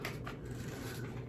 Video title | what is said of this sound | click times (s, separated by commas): Dyson Airwrap Unboxing and Review - Is it worth the HYPE? | bundle it on it just snaps right in place | 0.1 s, 0.3 s